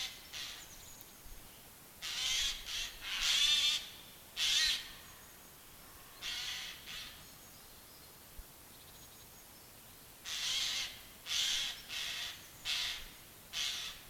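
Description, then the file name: Eurasian jay screeching repeatedly, harsh noisy bursts in clusters: a loud run early on, a pause, then another string of rasping calls toward the end. "Garrulus glandarius"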